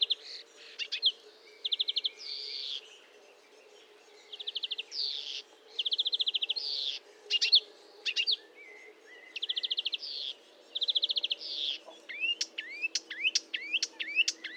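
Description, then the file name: Marsh warbler song, varied chattering phrases of buzzy trills and scratchy notes with short pauses, ending in a run of sharp whistled notes. Recorded at Fourneau, Fontaine-Française, France, on 1 June 2022 at 10:55, using a Nagra recorder with a Telinga. "Rousserolle verderolle 1055 Fontaine-Francaise-Fourneau"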